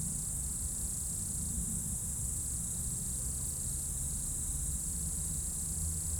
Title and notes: Dans la première épingle de la route du col du Chat à Bourdeau, insectes dans le talus et les arbres au crépuscule, avion, quelques véhicules. Enregistreur Tascam DAP1 DAT, extrait d'un CDR gravé en 2006.